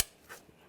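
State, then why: Seated. A retaining clip on a coolant hose connector of a 2009-2107 Volkswagen Tiguan, during a radiator replacement, is pushed into its locking position before the hose is fitted. A single sharp snap sounds at 0.0 s, followed by a faint rustle around 0.3 s and a small tick near 0.5 s. The clip seats in its locking position.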